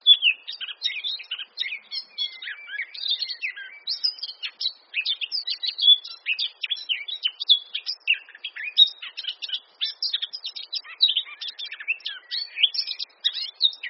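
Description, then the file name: Eurasian blackcap singing a dense, unbroken warble of quick twittering phrases and brief whistles, jumbled and rapid, with no other sounds standing out. "Sylvia atricapilla"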